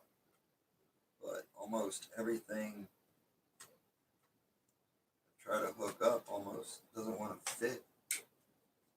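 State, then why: Seated. A tight cable connector is worked into a motherboard header while someone talks. A short click sounds at 3.6 s, and a sharper, louder click at 8.1 s marks the connector latching into place, fully seated.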